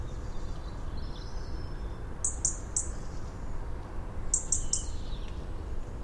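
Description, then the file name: European robin singing short groups of three piercing high notes about two seconds apart, with soft lower trills around them and a constant low background rumble. "Erithacus rubecula"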